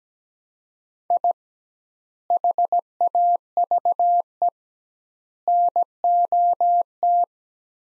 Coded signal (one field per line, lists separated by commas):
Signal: Morse code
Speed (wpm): 17 wpm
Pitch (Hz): 700 Hz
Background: none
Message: I HAVE NOT